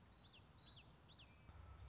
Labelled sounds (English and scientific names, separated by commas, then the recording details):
Common Yellowthroat (Geothlypis trichas)
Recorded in Sonoma County, California